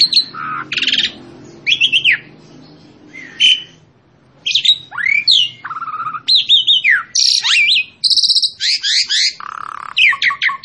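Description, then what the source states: Asian pied starling song, a fast medley of slurred whistles, rasping chatter and high squeaks, pausing briefly near the middle before resuming more densely. Master recording for training captive birds.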